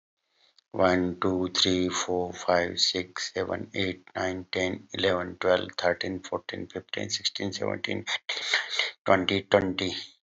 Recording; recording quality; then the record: counting at a normal pace; excellent, no background noise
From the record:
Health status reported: healthy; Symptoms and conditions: hypertension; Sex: male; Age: 62 years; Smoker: not ticked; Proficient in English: yes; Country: India